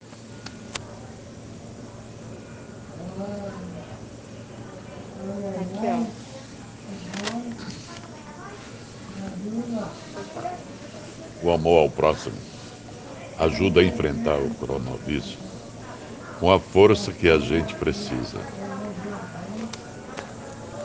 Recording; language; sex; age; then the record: spoken sentence; Brazilian Portuguese; male; 60 to 69 years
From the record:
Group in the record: respiratory insufficiency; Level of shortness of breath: 5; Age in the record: 68 years